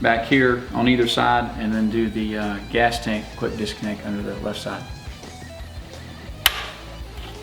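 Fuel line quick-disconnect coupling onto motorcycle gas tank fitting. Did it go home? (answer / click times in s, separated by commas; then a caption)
yes / 6.5 s. On a 2008–2013 Harley-Davidson Street/Electra Glide, the gas tank fuel line quick-disconnect coupling is pushed onto its fitting under the left side of the tank while someone talks over background music. A single sharp snap at 6.5 s marks the coupling seating into place, where it should spin freely.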